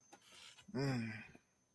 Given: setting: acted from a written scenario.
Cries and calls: vocal sound without words; sympathy

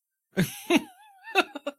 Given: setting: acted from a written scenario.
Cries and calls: vocal sound without words; amusement

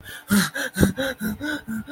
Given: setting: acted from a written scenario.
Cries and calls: vocal sound without words; fear

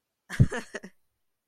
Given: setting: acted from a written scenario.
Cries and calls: vocal sound without words; amusement

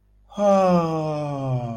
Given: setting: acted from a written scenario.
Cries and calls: vocal sound without words; realization

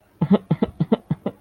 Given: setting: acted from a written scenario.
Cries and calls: vocal sound without words; disappointment

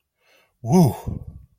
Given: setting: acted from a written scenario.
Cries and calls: vocal sound without words; relief

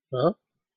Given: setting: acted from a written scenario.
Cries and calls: vocal sound without words; confusion

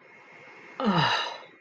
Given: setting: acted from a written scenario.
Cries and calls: vocal sound without words; awe

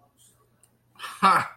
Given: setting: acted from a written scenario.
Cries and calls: vocal sound without words; amusement

